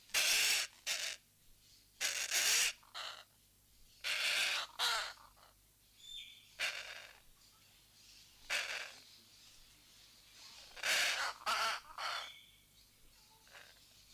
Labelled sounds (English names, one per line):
Black Hornbill call